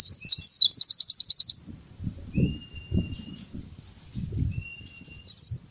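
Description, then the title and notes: Canary song: a bright twittering phrase opening into a fast, even trill of high repeated notes for about a second, then scattered soft chirps over low rumbling thumps. Song intended as a master for training other birds. "Kicauan Kenari. Masteran Burung"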